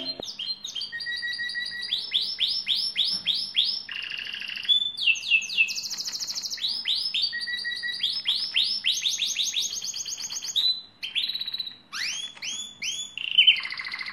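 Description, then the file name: Lizard canary song, a long run of rapid trills and rolling tours at high pitch, shifting between repeated notes, buzzy rolls and sweeping phrases with brief pauses. "canto do canario lizard"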